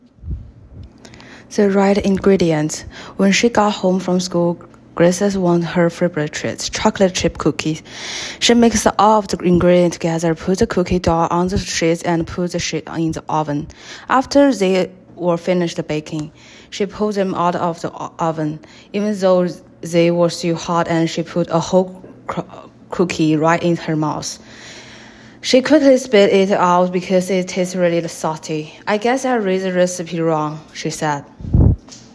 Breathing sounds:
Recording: reading aloud after running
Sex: female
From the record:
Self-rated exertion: moderate exertion (3 of 6)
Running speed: 7 miles an hour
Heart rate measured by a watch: 114 beats a minute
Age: 23 years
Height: 163 cm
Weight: 70 kg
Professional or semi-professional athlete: no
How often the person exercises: 1 to 2 times a week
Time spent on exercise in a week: 1 to 2 hours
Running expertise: no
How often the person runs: 1 to 2 times a week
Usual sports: running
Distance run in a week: 7 km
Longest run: 7 km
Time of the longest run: 50 minutes

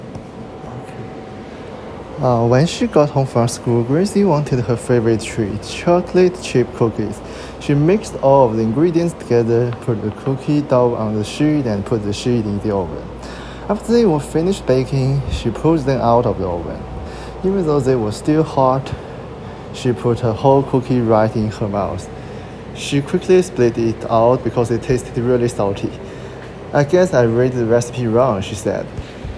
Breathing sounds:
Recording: reading aloud after running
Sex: male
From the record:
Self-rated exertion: moderate exertion (3 of 6)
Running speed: 8 miles an hour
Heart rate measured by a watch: 90 beats a minute at the start, 109 at the end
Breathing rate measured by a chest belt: 25 breaths a minute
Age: 23 years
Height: 172 cm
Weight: 73 kg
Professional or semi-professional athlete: no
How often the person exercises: 3 to 5 times a week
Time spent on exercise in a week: over 5 hours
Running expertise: yes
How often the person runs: 3 to 5 times a week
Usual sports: running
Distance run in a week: 40 km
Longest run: 20 km

